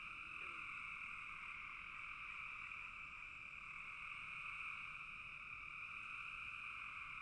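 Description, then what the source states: Frogs in full chorus, an even, continuous trilling drone with no gaps, holding steady over seven seconds. Several frogs calling in a bog.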